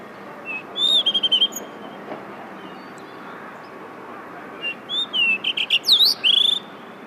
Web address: izumino saunndo isohiyo